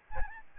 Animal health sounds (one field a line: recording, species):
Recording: mosquito wingbeat signal from an infrared sensor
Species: Aedes albopictus